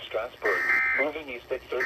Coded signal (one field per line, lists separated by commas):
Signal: Emergency Alert System (SAME) tones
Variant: end-of-message bursts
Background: speech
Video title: A Short EAS Comp || EAS Alerts From June 6th, 2025. EAS #431 - #464